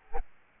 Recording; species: mosquito wingbeat signal from an infrared sensor; Aedes albopictus